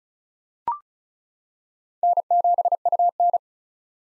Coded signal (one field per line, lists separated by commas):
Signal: Morse code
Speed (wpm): 36 wpm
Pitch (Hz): 700 Hz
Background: none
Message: N7UN